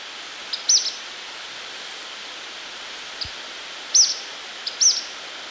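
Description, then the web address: Ornate flycatcher calling with a few short, thin, high arched notes, some in quick pairs, over a steady background hiss. Ecuador, South America. "Natures Songs S America Birds of Ecuador Ornate Flycatcher"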